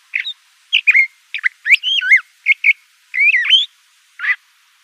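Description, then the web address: Le Conte's thrasher with a few spaced song phrases: sweeping whistled slurs, a quick double note, then a longer warbled run and a final harsh note. Recorded in Arizona. "Mimids AZFO LCTH deviche"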